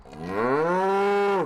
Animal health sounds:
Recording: contact call of a hoofed animal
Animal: cattle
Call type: low-frequency (closed-mouth) or high-frequency (open-mouth) call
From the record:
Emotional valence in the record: negative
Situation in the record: full separation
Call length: 1.45 s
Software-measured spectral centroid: 1380 Hz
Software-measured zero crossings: 1250 a second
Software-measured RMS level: -24 dBFS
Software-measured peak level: -12 dBFS

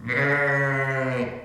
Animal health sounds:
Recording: contact call of a hoofed animal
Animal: sheep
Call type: low-frequency (closed-mouth) or high-frequency (open-mouth) call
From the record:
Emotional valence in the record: negative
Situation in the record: short social isolation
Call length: 1.45 s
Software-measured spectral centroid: 1600 Hz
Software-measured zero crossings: 2120 a second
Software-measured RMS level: -24 dBFS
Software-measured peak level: -10 dBFS

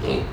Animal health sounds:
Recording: contact call of a hoofed animal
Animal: pig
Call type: closed-mouth grunt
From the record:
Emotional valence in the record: positive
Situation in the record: food and toys in familiar pen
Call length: 0.33 s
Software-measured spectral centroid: 1850 Hz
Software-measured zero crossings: 1310 a second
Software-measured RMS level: -24 dBFS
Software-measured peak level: -11 dBFS

